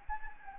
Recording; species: mosquito wingbeat signal from an infrared sensor; Anopheles gambiae